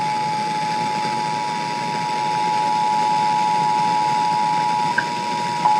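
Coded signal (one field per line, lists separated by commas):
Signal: Emergency Alert System (SAME) tones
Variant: 853 and 960 Hz attention tone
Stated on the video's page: Required monthly tests received from Pennsylvania FM radio stations, an FM translator, and a TV subchannel, including an EASyCAST and SAGE relay.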